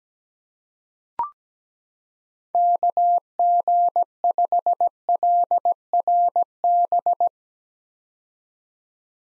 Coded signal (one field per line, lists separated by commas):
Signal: Morse code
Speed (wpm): 17 wpm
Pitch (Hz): 700 Hz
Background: none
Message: KG5LRB